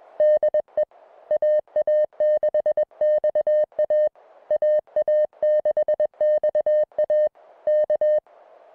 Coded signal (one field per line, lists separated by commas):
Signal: Morse code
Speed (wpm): 21 wpm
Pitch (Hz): 590 Hz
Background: music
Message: DE AA6XA AA6XA K